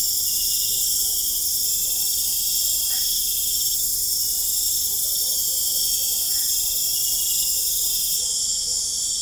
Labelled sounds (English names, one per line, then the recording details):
none
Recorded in pastures near Puerto Asís, Putumayo, Colombia, on 26 December 2024 at 22:30
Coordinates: 0.496, -76.326
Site G004